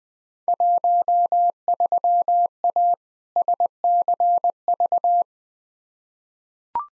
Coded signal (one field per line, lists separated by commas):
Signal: Morse code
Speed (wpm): 20 wpm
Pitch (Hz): 700 Hz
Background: none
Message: 13A SCV